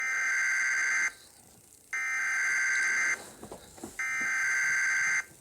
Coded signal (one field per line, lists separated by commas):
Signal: Emergency Alert System (SAME) tones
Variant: header bursts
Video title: TOR for East Central Iowa #EAS (Late)